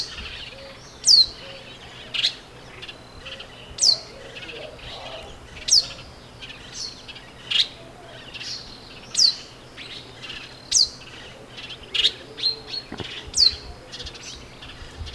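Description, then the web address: Pale baywing uttering a steady series of sharp, high descending chirps about every one to two seconds, with softer twittering notes between them. "sound Pale-baywing. صدای-پرنده-بال-کهر-کم-رنگ"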